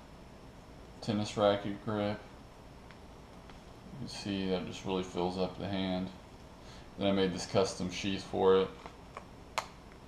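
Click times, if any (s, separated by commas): 9.6 s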